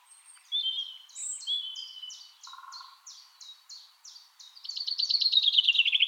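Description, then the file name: Common chaffinch song: repeated descending notes with a brief low buzz, followed by a loud, fast rattling trill that begins near the end and is cut off. "Fringilla coelebs"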